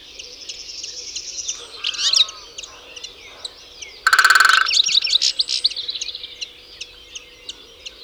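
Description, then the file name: European goldfinch twittering, with a loud nasal buzz midway, then fast chirping notes that trail off into quieter twitters. "Carduelis carduelis"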